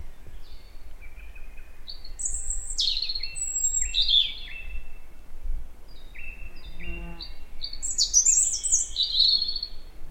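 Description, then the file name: European robin song: two bursts of varied high, tinkling notes and sliding whistles separated by a short pause, with steady low background noise. "Erithacus rubecula"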